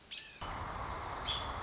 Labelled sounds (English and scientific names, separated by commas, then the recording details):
American Robin (Turdus migratorius)
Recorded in Sonoma County, California